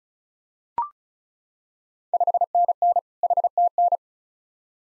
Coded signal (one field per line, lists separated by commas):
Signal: Morse code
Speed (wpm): 36 wpm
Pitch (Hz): 700 Hz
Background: none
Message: 5NN HTN